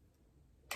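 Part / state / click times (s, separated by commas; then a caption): chest panel of a transforming robot action figure / seated / 0.7 s. The plastic chest panel of a transforming robot action figure, having been rotated into place, is pressed closed over a quiet low background hum. A sharp, bright snap sounds at 0.7 s, showing the panel is seated in place.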